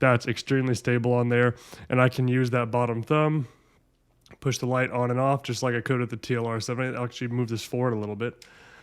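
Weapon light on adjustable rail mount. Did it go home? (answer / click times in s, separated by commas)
no / none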